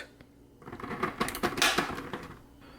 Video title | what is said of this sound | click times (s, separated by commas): Ultimate Guide to Making Carrot and Lime Juice for Weight Loss | did you hear that click that means it's locked now it's ready to be | 1.6 s